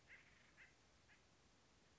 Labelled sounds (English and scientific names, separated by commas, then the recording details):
Acorn Woodpecker (Melanerpes formicivorus)
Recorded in Sonoma County, California